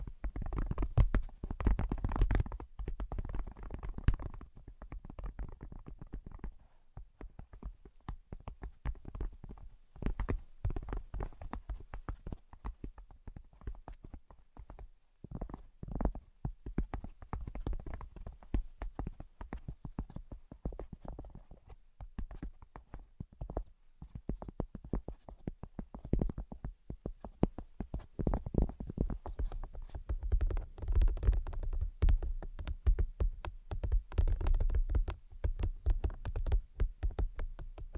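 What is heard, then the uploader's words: Dense, rapid tapping clicks run throughout, irregular and sharp like hoofbeats, over a steady low rumble that swells near the end. ASMR Brain Penetrating 3D Tapping (No Talking).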